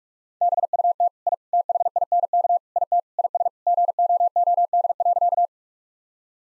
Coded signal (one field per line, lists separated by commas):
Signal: Morse code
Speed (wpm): 46 wpm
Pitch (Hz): 700 Hz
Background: none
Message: BUT I THINK IT IS GOOD.